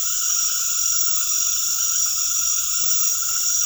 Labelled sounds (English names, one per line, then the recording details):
none
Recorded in secondary vegetation near Puerto Asís, Putumayo, Colombia, on 20 February 2024 at 19:30
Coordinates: 0.500, -76.326
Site G6428